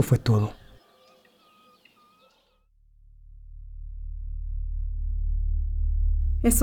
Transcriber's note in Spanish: Sonido de vibración grave